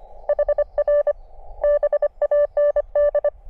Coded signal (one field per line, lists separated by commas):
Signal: Morse code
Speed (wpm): 25 wpm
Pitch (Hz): 590 Hz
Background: none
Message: HR BAND